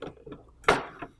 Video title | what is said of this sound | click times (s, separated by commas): GeneralAire GA19 Evaporator Pad Installation | and snaps right into position | 0.7 s